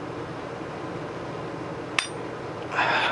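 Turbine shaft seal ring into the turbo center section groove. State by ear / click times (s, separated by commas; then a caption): seated / 2.0 s. A turbine shaft fitted with a new seal is slid into a turbo center section until the seal ring snaps into its groove. A single sharp, bright click sounds at 2.0 s over a steady background hiss, and louder broadband noise comes in from about 2.7 s to the end. The seal ring is confirmed seated in its groove on the center section.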